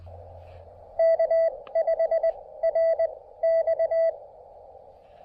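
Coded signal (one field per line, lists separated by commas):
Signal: Morse code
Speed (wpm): 20 wpm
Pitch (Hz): 660 Hz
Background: radio noise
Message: K5RX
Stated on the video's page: QRP POTA park activation CQ with an MTR-3B transceiver and PackTenna end-fed half-wave antenna.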